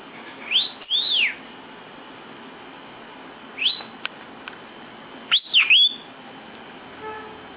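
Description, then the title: Lovebird making squeaky arched and downslurred chirps, a pair early, one alone, then a quick cluster near the end. National champion lovebird, singing actively with a full repertoire of filled-in song ('full isian gacor'). "Burung Lovebird Juara Nasional Full Isian Gacor"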